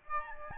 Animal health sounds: mosquito wingbeat signal from an infrared sensor; Aedes albopictus

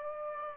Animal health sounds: mosquito wingbeat signal from an infrared sensor; Aedes aegypti

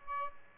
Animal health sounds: mosquito wingbeat signal from an infrared sensor; Aedes albopictus

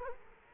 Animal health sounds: mosquito wingbeat signal from an infrared sensor; Culex quinquefasciatus

